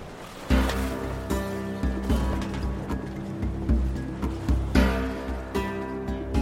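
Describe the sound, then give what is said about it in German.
Ocean waves wash against a sailing ship crossing the Indian Ocean in steady, rhythmic surges, with a low sustained rumble and a few louder splashes rising above the continuous churn of water. “Sie verließen die Insel Sumatra und fuhren 18 Monate durch das Indische Meer, bis sie ihr Ziel erreichten.”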